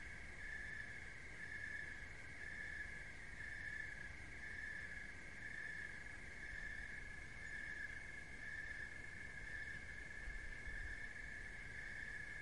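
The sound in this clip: Steady cricket chirping, a shrill even tone with rhythmic louder beats near one per second, accompanied by faint low-frequency noise.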